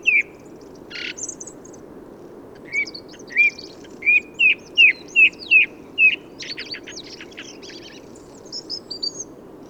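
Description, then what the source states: Song thrush song: one clear whistled note repeated about seven times in a steady run, typical thrush repetition, then scratchy high phrases. Recorded 15 November 2020 in Forêt de Valdrôme, France, in autumn, with a Nagra Seven and Telinga Pro7 parabola; an autumnal improvised song, thrushes staying for abundant whitebeam and rowan fruit.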